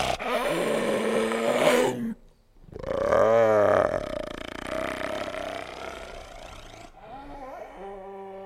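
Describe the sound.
Hyena calls: a groaning call, a pause, then a long wavering, quavering call that slowly fades, followed by a softer moan at the end.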